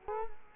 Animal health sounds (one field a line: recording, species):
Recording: mosquito wingbeat signal from an infrared sensor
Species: Culex quinquefasciatus